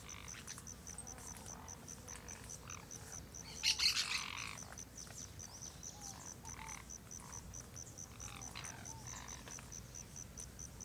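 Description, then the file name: Jandaya parakeet, one loud, raspy screech burst, set against a continuous rapid high-pitched insect pulsing. Several jandaya parakeets eating guava in a guava tree at Terra Ronca, with cicadas and soft wind; recorded with an AB microphone pair. "Jandaias verdadeiras comendo goiaba goiabeira em terra ronca, outros passaros, moscas, cigarras, vento suave, gravacao em ab"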